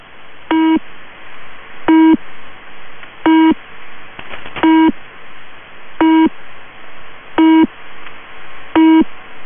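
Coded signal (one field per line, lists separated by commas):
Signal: channel marker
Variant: UVB-76 Low Pip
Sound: seven short, buzzy low pips repeating steadily about every 1.4 seconds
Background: radio static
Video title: [UVB-76] The New "Low Pip" Channel Marker #uvb76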